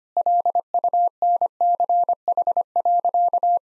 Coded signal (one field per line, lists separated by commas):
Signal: Morse code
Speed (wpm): 25 wpm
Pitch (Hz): 700 Hz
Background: none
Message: LUNCH.